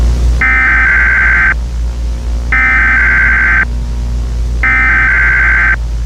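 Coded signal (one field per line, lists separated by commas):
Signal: Emergency Alert System (SAME) tones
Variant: header bursts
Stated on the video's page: Unfinished fictional scenario in stereo audio, with sounds possibly on the left or right channels.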